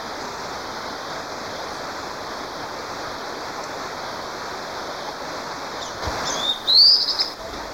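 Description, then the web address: Fulvous-breasted Flatbill giving one short rising note near the end, after several seconds of steady hiss. Recorded in Ecuador. "S America Birds of Ecuador. Fulvous-breasted Flatbill"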